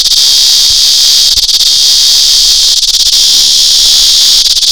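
Cicada producing a loud, continuous, high-pitched buzzing drone, steady throughout with slight flickers in intensity.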